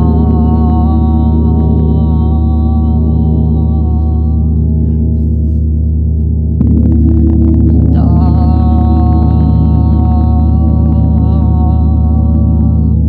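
A gong hums with a deep, steady drone, its low tones shimmering and pulsing throughout. Around the middle a fresh strike lifts the level, and a few seconds later bright upper overtones swell back in, ringing over the sustained rumble.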